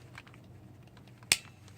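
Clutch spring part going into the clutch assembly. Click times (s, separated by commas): 1.3 s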